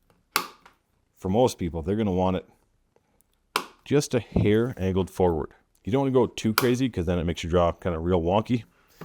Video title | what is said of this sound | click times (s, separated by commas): Ultimate Gun Belt Setup For 2024 - How To Build a Perfect Belt System! | just kind of push it until it clicks into place | 0.4 s